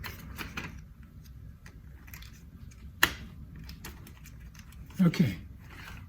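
A front wheel is pushed onto the front leg of a MoNibloom folding pet stroller, with soft handling and light taps before a single loud, sharp click at 3.0 s as it latches and seats. Two more thuds follow around 5.0–5.3 s, and someone talks.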